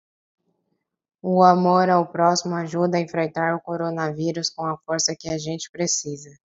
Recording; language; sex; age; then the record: spoken sentence; Brazilian Portuguese; female; 20 to 29 years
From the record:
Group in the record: control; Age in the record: 21 years